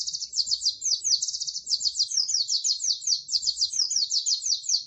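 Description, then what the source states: White-eye singing a continuous stream of high, quick chirping notes with no breaks. Singing described as gacor, meaning lively singing.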